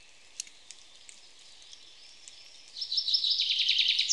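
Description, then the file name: Common chaffinch song starting late: a loud rapid trill of repeated notes builds after a few faint scattered ticks. "Fringilla coelebs"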